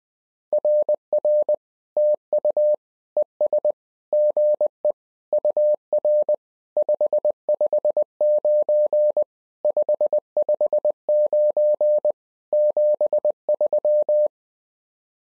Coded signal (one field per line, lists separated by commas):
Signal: Morse code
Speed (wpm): 20 wpm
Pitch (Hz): 600 Hz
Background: none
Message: RR TU ES GE UR 559 559 73